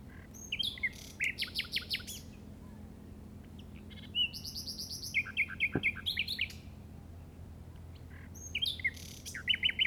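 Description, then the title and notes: Common nightingale singing varied phrases of chirps, trills and buzzy notes, with a short click midway and a steady low hum. Recorded in the Llobregat Delta at 06:00 on 8 May 2015 with a Zoom recorder. "Grabación de ruiseñor común (Luscinia megarhynchos) en el Delta del Llobregat a las 06:00 del 08/05/2015."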